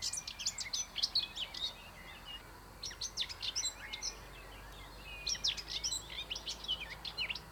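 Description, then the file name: Common whitethroat song in three short scratchy bursts of jumbled high chattering notes, the phrases separated by pauses of about a second. "canto verso sterpazzola sylvia communis common whitethroat curruca zarcera"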